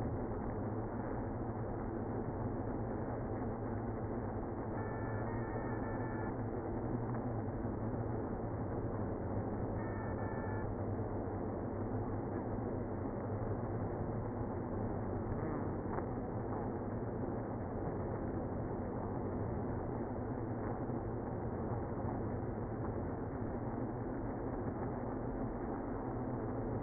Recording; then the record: honeybee colony, microphone inside the hive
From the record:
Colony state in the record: queenless (queen removed); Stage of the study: after two queens were removed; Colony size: about 60,000 bees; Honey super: yes